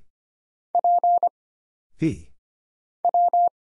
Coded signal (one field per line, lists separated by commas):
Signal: Morse code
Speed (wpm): 25 wpm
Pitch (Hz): 700 Hz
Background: none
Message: P W